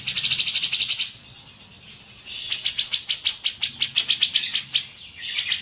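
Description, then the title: Grey-cheeked Bulbul song: a rapid series of quick high ticking notes, a silent gap of about a second, then the ticking series returns, ending in a brief final burst. Song used for training cage birds (masteran). "MASTERAN CUCAK JENGGOT"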